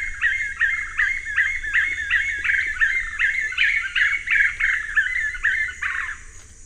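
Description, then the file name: Black-fronted nunbird group song, a lively chorus of mid-pitched notes repeated rapidly, about two or three per second, with a steady high hiss behind. Group song; South America, eastern lowlands. "Monasa nigrifrons, group song"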